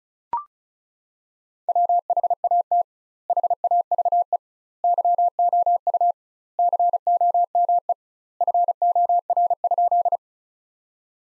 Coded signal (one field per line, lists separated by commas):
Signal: Morse code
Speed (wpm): 34 wpm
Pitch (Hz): 700 Hz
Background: none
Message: WHAT HAVE YOU COME FOR?